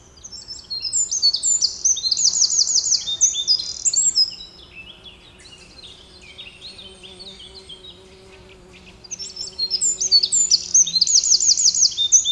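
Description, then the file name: Eurasian wren song: two long, energetic phrases of very high, rapid notes and buzzing trills, separated by several seconds of near quiet. "Troglodytes troglodytes"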